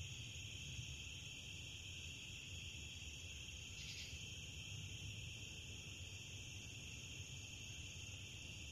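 Cricket trilling in a steady, unbroken high-pitched drone, with a low rumble underneath and a short louder burst partway through.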